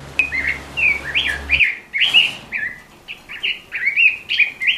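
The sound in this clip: Robin singing spaced, slurred whistled notes one after another, over a low hum that stops after the first second and a half.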